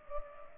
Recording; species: mosquito wingbeat signal from an infrared sensor; Culex pipiens